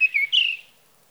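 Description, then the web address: Sage thrasher song fragment: a few clear whistled notes, the last one longer and slightly falling, over a quiet background. "birdsongforthecurious Sage Thrasher"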